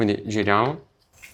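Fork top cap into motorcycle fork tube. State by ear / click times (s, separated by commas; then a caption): not seated / none. Someone talks while turning a fork top cap backwards (unscrewing) on the fork tube of a Yamaha XSR 700 Scrambler motorcycle fork, waiting for the thread to drop into engagement. After the speech only quiet handling sounds follow, with faint short ticks near 1.0 and 1.2 seconds. Nothing has clicked or seated yet.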